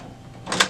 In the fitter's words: you push down, and you will hear a click, and the ink will come out.